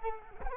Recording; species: mosquito wingbeat signal from an infrared sensor; Culex quinquefasciatus